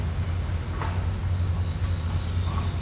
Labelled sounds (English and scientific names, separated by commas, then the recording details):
none
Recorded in pastures near Puerto Asís, Putumayo, Colombia, on 18 December 2024 at 13:30
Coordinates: 0.466, -76.322
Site G040